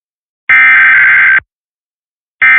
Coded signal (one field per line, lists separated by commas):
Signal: Emergency Alert System (SAME) tones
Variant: header bursts